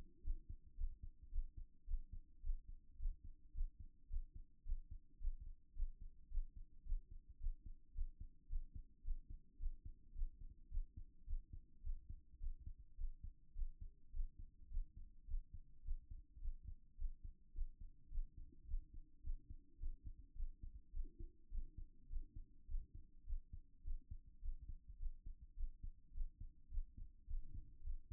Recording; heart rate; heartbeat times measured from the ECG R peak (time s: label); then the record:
heart sounds by stethoscope; 106 bpm
0.22 s: heartbeat
0.75 s: heartbeat
1.30 s: heartbeat
1.85 s: heartbeat
2.41 s: heartbeat
2.97 s: heartbeat
3.52 s: heartbeat
4.08 s: heartbeat
4.63 s: heartbeat
5.18 s: heartbeat
5.73 s: heartbeat
6.28 s: heartbeat
6.83 s: heartbeat
7.38 s: heartbeat
7.92 s: heartbeat
8.47 s: heartbeat
9.02 s: heartbeat
9.57 s: heartbeat
10.13 s: heartbeat
10.69 s: heartbeat
11.25 s: heartbeat
11.81 s: heartbeat
12.38 s: heartbeat
12.95 s: heartbeat
13.53 s: heartbeat
14.11 s: heartbeat
14.68 s: heartbeat
15.25 s: heartbeat
15.82 s: heartbeat
16.39 s: heartbeat
16.96 s: heartbeat
17.52 s: heartbeat
18.09 s: heartbeat
18.65 s: heartbeat
19.21 s: heartbeat
19.77 s: heartbeat
20.34 s: heartbeat
20.91 s: heartbeat
21.49 s: heartbeat
22.07 s: heartbeat
22.66 s: heartbeat
23.24 s: heartbeat
23.82 s: heartbeat
24.40 s: heartbeat
24.97 s: heartbeat
25.54 s: heartbeat
26.12 s: heartbeat
26.69 s: heartbeat
27.25 s: heartbeat
27.82 s: heartbeat
From the record:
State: after exercise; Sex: male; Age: 37 years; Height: 170 cm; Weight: 86 kg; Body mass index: 29.76